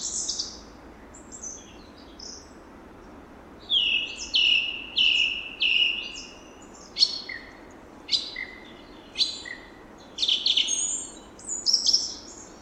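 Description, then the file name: Song thrush song: bright high phrases, each short note or buzzy element repeated several times before switching, with steady faint background hiss. "enekesrigo hangja"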